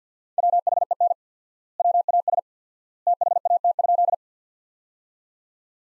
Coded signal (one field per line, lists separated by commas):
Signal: Morse code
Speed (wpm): 50 wpm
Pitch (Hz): 700 Hz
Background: none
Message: WHEN WAS THAT?